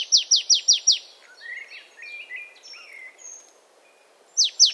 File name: Poecile palustris